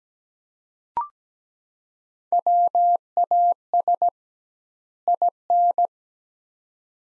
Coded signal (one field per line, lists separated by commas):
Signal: Morse code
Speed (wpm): 17 wpm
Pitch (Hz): 700 Hz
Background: none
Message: WAS IN